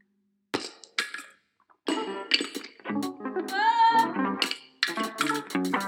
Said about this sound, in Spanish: Se rompió un vidrio o un cristal.